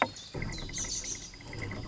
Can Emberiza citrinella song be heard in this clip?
no